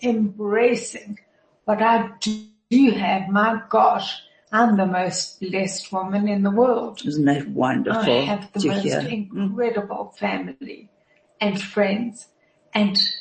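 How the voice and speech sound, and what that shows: An adult woman speaks in short phrases broken by frequent pauses. Her vowels sound nasal, her voice is sometimes creaky, and some sounds are distorted or drawn out. This mild slurred, nasal speech is dysarthria from motor neuron disease, a progressive degenerative disease affecting her tongue and voice.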